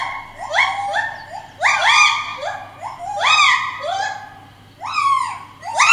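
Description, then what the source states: White-handed gibbon song with fast upward-sweeping whoops, each followed by a level held note, coming in clustered bursts with a few brief gaps. Captive pair at Maruyama Zoo, filmed on video long ago; probably mainly male Kotaro singing, female Racha's opening call not captured; pair duet for communication, carrying 2–3 km; sounds like a dog howling.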